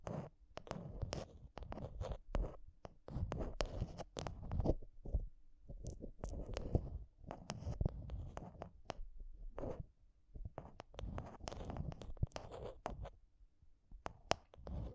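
Intense mic tapping and scratching: dense, irregular sharp taps and rough scrapes keep going throughout, with a brief lull near ten seconds.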